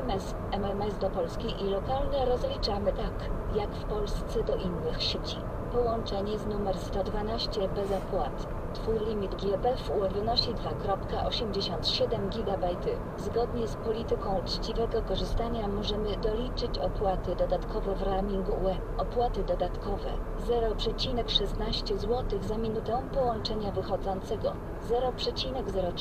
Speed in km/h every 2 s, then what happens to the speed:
58, 57, 56, 57, 56, 56, 57, 57, 52, 51, 49, 44, 42.
0-14 steady at about 57. 14-23 slows to 42.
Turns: none.